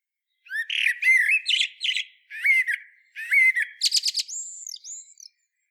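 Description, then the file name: Common blackbird singing a few mellow whistled phrases, the last rising into high chattering notes and ending in two high slurred whistles. "Turdus merula"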